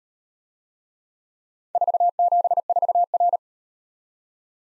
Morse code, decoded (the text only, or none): 474R